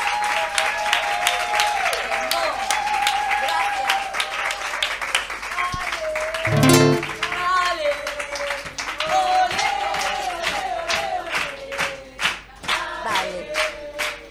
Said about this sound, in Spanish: Así que yo pido un aplauso más cálido que tengan para esta mujer.